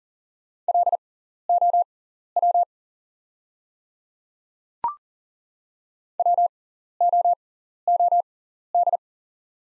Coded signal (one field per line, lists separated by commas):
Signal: Morse code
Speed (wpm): 40 wpm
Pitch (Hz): 700 Hz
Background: none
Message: LOW WOOD